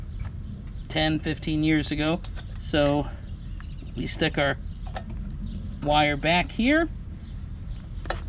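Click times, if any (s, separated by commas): 8.1 s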